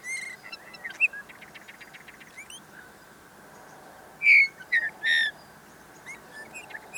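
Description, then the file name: Eurasian bullfinch: soft, full whistled calls stand out midway, after a rapid dry trill and scattered high chirps from other small birds. "Pyrrhula pyrrhula"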